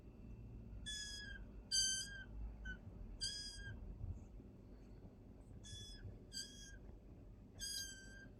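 Rat squealing in distress: several shrill, harmonic squeaks at irregular intervals over low background noise.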